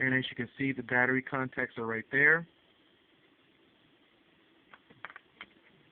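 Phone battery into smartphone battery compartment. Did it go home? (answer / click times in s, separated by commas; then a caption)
no / none. Someone talks about the three battery contacts on a Nokia 521 smartphone while a phone battery is handled at its battery compartment. After a quiet stretch, a few faint, sharp taps come between about 4.7 and 5.4 seconds. The battery has not seated or clicked into place yet.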